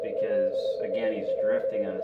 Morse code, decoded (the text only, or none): LIL